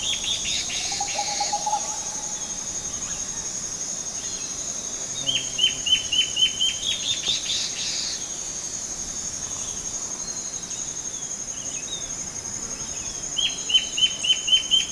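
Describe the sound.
Bird calls: a brief low trill early on, then two runs of fast, evenly spaced high notes over steady background hiss.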